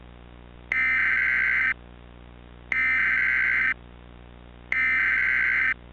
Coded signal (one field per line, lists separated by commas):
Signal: Emergency Alert System (SAME) tones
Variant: header bursts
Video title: [EAS Scenario / Analog Horror] - Macabre